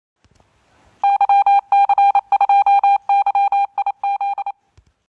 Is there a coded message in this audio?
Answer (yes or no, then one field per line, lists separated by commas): yes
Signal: Morse code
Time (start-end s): 1.0-4.5 s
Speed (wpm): 28 wpm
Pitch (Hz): 800 Hz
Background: none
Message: YC2YIZ